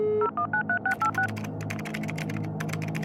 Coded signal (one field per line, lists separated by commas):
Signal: DTMF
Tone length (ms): 90 ms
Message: 0193686